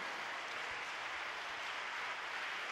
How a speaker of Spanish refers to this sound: Dale un aplauso a Dios en esta noche.